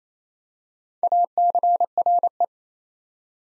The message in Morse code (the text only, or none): ACRE